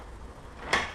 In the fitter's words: That means that it's actually deadlocked.